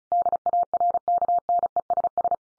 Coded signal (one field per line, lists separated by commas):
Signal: Morse code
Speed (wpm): 34 wpm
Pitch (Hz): 700 Hz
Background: none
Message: DARKNESS